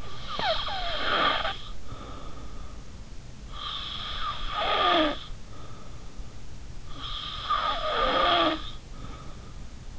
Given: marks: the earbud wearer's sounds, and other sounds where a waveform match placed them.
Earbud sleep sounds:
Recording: sounds in sleep by an in-ear microphone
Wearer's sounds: snoring breath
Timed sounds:
0.00-2.76 s: snoring breath
3.54-6.10 s: snoring breath
6.87-9.47 s: snoring breath

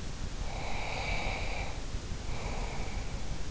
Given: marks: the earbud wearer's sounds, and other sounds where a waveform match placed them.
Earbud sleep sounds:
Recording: sounds in sleep by an in-ear microphone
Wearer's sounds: breath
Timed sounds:
0.34-3.43 s: breath

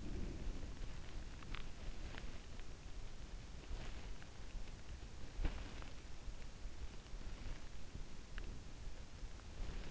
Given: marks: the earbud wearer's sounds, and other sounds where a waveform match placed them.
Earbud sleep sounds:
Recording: sounds in sleep by an in-ear microphone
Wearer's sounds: breath, teeth grinding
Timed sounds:
0.00-0.96 s: breath
1.21-1.85 s: teeth grinding

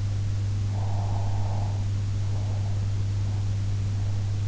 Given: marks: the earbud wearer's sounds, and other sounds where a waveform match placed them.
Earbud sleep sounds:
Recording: sounds in sleep by an in-ear microphone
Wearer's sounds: breath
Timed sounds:
0.66-3.03 s: breath

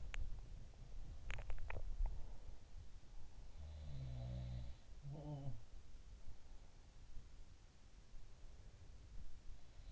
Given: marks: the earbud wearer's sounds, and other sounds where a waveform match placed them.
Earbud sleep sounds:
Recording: sounds in sleep by an in-ear microphone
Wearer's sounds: teeth grinding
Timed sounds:
0.00-2.22 s: teeth grinding
3.38-5.81 s: sound from someone else or the room

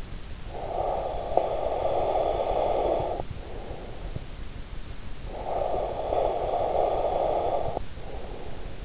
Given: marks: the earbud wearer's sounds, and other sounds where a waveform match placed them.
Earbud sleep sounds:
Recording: sounds in sleep by an in-ear microphone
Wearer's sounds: breath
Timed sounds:
0.10-4.37 s: breath
5.07-8.85 s: breath

